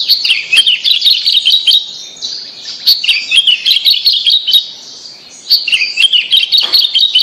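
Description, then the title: Bird song, busy high warbling with chirps and trills, with a couple of brief quieter spells. "Kicau Burung Yoi"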